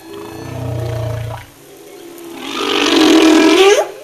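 Humpback whale song: a deep droning moan, a short pause, then a loud, harsh, rising unit rich in overtones.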